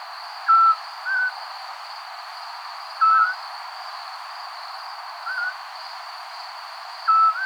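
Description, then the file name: Eurasian scops owl giving short, pure whistled notes every few seconds, a slightly higher whistle in between, over a steady high insect trill. "zwergohreule"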